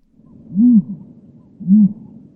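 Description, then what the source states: Ostrich giving two deep, hollow booming hoots about a second apart, low and resonant, with a soft rumbling background. Ostrich voice described as not often heard.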